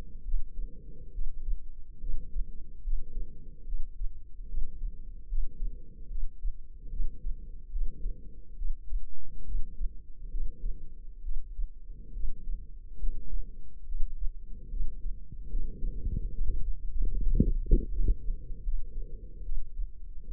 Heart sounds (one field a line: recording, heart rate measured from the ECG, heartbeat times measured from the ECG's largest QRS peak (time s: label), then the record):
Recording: heart sounds by microphone in the left ear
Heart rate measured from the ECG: 72 bpm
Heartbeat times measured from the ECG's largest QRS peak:
0.23 s: heartbeat
1.11 s: heartbeat
1.99 s: heartbeat
2.82 s: heartbeat
3.64 s: heartbeat
4.46 s: heartbeat
5.27 s: heartbeat
6.07 s: heartbeat
6.89 s: heartbeat
7.70 s: heartbeat
8.54 s: heartbeat
9.43 s: heartbeat
10.29 s: heartbeat
11.21 s: heartbeat
12.12 s: heartbeat
12.98 s: heartbeat
13.84 s: heartbeat
14.68 s: heartbeat
15.48 s: heartbeat
16.30 s: heartbeat
17.09 s: heartbeat
17.88 s: heartbeat
18.62 s: heartbeat
19.41 s: heartbeat
20.24 s: heartbeat
From the record:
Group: healthy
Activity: rest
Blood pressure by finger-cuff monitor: 100/71 mmHg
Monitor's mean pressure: 81 mmHg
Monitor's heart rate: 70 bpm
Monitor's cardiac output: 5.1 L/min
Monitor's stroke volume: 74 mL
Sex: female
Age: 32 years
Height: 172 cm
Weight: 71.7 kg